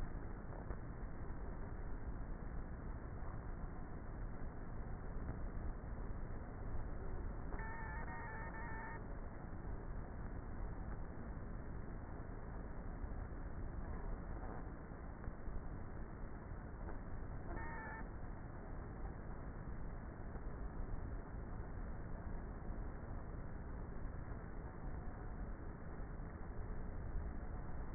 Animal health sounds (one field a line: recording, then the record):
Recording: honeybee colony, microphone inside the hive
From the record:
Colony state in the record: queenless with a low population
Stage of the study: before two queens were removed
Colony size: about 30,000 bees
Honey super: no